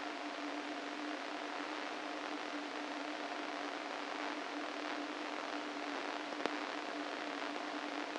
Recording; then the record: brain microelectrode recording played as sound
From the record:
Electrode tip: inside the subthalamic nucleus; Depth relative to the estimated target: 2 mm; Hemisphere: right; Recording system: NeuroSet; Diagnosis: Parkinson's disease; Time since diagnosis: 13 years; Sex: male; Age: 49 years